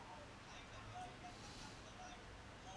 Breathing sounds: one breath in and out by a microphone near the nose and mouth; normal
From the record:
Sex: male

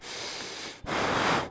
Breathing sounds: one breath in and out by a microphone near the nose and mouth; strong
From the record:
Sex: male

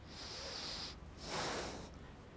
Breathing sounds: one breath in and out by a microphone near the nose and mouth; deep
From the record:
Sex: male

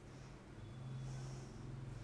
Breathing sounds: one breath in and out by a microphone near the nose and mouth; normal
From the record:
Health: marked as sick, illness not named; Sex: female

